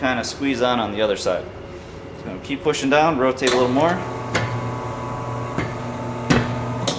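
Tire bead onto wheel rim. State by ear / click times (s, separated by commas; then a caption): seated / 6.9 s. On a tire changer, the tire's rubber bead is pushed down and the machine rotated until the bead slips over the steel rim edge. Someone talks over a steady machine hum with a few sharp knocks. At 6.9 s a short, sharp pop is heard as the bead pops onto the rim.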